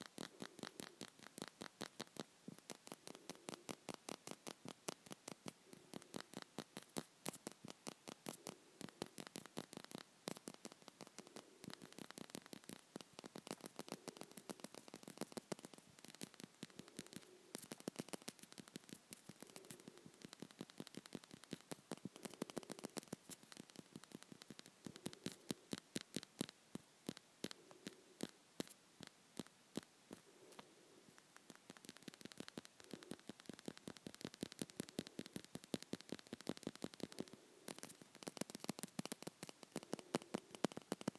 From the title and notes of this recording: Natural nail tapping. Fast nail-on-nail tapping with just my natural nails.